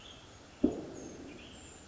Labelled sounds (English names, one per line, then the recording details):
Western Tanager
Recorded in Sonoma County, California